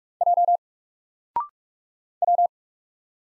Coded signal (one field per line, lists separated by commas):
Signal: Morse code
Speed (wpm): 44 wpm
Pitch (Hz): 700 Hz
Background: none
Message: J W